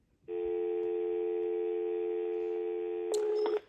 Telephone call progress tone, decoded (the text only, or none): dial tone